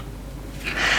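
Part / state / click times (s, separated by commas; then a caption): textile strap connector into fitness tracker body / not seated / none. A nylon textile loop strap's connector is pressed into the body of a Galaxy Fit 2 fitness band with equal pressure on both sides. Only a low rumble is heard, then a rising rubbing hiss from about 0.6 s to the end. The strap end has not clicked into place.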